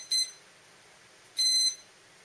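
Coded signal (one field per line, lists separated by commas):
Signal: beep code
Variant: Q-brain ESC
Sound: two short high-pitched electronic beeps, the second slightly longer, over faint hiss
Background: faint room noise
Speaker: Then you get a couple more beeps, a continuous beep rather, and that means your throttle's calibrated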